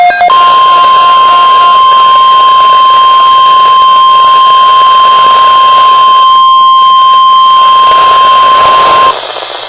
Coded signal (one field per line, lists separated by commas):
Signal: Emergency Alert System (SAME) tones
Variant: 1050 Hz attention tone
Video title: EAS Alert #5 - Severe Thunderstorm Watch 4/12/14